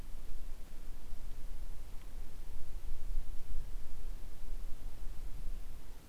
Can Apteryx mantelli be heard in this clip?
no